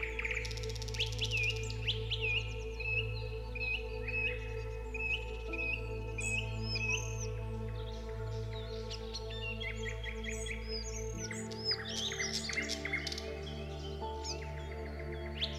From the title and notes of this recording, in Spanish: CANTO de los PÁJAROS y MÚSICA Suave. En este episodio, podrás disfrutar del canto melodioso de los pájaros en un ambiente natural de bosque. Con música suave y relajante de fondo.